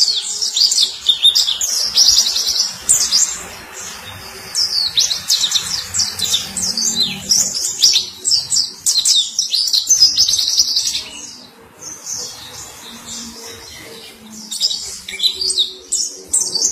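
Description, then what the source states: White-eye song: long, sustained run of high, sweet chirps and twitters that barely pauses, easing briefly near the end before resuming. Long, melodious song.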